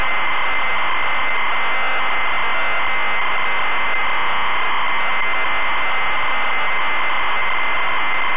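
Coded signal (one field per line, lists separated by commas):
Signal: ZX Spectrum tape loading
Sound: continuous harsh screeching buzz of data loading, steady loudness throughout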